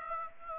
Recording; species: mosquito wingbeat signal from an infrared sensor; Aedes aegypti